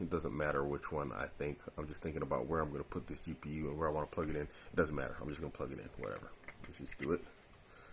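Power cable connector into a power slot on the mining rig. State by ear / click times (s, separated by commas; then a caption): not seated / none. While building a mining rig, a plastic power cable connector with a hook latch is handled near a power slot on the rig. The clip is mostly someone talking, with no distinct click or impact. Nothing has seated or clicked yet.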